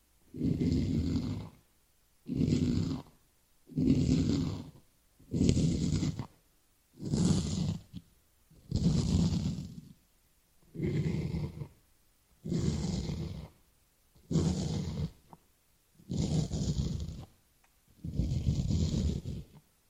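Ear-cleaning scratching comes in about eleven even strokes, each lasting roughly a second with short silent gaps between, repeating every couple of seconds. Every stroke is a full, rumbly rub topped with a bright crinkly hiss, steady in rhythm and loudness throughout.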